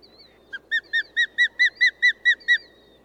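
Bird song: one lower note, then about nine evenly spaced ringing notes.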